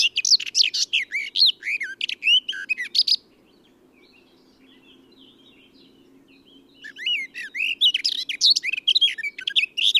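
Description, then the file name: Eurasian blackcap delivering two energetic warbled phrases of mixed high squeaky and richer notes, a few seconds apart, with faint low hum beneath. "Sylvia atricapilla"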